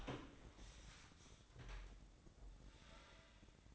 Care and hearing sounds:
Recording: daily activity, microphone in the room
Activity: open door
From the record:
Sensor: 3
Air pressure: 1012.2 hPa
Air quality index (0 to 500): 174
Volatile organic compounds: 3 ppm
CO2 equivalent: 1330 ppm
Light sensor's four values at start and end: 514/1274/525/532 and 520/1290/532/539

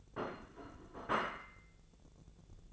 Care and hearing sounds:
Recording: daily activity, microphone in the room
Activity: place plate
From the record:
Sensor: 4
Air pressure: 1001.0 hPa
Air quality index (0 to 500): 142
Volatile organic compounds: 2 ppm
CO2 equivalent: 1048 ppm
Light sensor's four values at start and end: 25/61/25/26 and 25/60/25/26

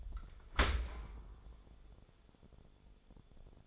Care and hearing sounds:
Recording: daily activity, microphone in the room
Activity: open dishwasher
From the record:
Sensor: 5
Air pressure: 1015.1 hPa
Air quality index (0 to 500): 112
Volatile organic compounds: 2 ppm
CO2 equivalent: 1200 ppm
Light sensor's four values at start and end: 35/80/32/32 and 35/80/32/32

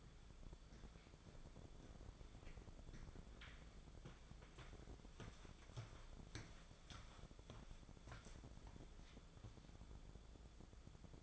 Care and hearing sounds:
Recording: daily activity, microphone in the room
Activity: walk to room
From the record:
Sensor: 5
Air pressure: 1010.6 hPa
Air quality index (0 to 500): 109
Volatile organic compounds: 2 ppm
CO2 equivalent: 1070 ppm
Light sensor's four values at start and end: 512/1330/547/636 and 701/1721/730/880

